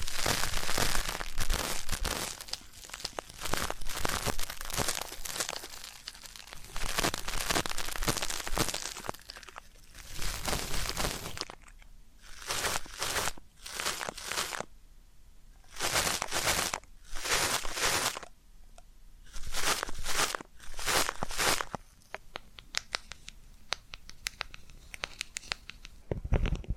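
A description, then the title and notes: Deep ear canal and eardrum cleaning: crackly, scratchy rustling bursts, dense and nearly continuous for the first ten seconds or so. After that the scraping comes in separate short bursts of a second or two, with hushed gaps between them, and a sharp crunch at the very end. ASMR Deep Ear Canal & Eardrum Cleaning (No Talking).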